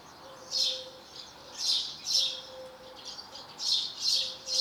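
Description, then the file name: House sparrow chirps, loud and husky, in spaced pairs and singles, with a faint steady tone underneath. "Passer domesticus"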